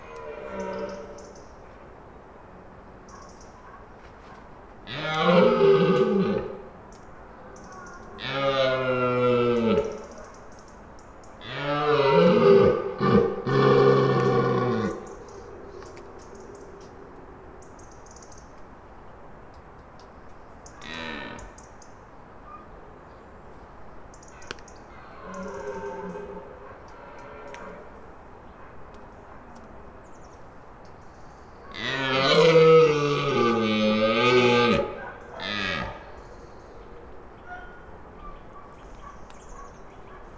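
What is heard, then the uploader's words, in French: Red deer stags bellow near a garden, with loud, drawn-out roars at about 5, 8, 12 to 15, and 32 to 35 seconds, plus a few fainter calls between. Each roar is deep and grinding, rising and falling in pitch, over a quiet hissing background. BRAME DANS LE JARDIN. Gîte des Fourquets - Serres sur Arget - Ariège - Nagra LB - Cardioïde mkh40. Voici le résultat du passage d'un cerf au petit matin à une vingtaine de mètres de la fenêtre. Entendre bramer les cerfs dans les jardins (non clots) autour du gîte.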